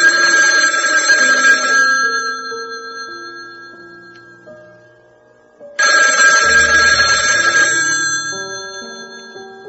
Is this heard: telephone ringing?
yes